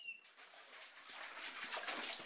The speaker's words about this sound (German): So, jetzt kommen wir an die Staumauer. Wir hören das Plätschern schon. Das wird jetzt immer lauter.